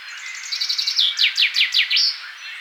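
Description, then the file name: Common chaffinch singing one quick phrase, a fast trill dropping into several loud downslurred notes and ending in a sharp upward flourish. "Fringilla coelebs"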